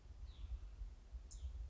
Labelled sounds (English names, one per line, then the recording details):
Hutton's Vireo
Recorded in Sonoma County, California